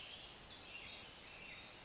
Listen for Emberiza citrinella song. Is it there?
no